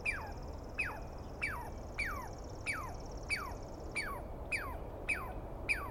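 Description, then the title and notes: Douglas squirrel calling insistently, downward-sliding squeals in quick succession, with a high trill behind for most. Douglas pine squirrel, identified by sound and not clearly seen, screaming at length at dawn on the morning of 21 April 2017 in the East Cascades. "On the morning of 21 April, 2017, I set up my microphones and recorder for a nice dawn recording in the East Cascades. I was started awake by a screaming Douglas Pine Squirrel."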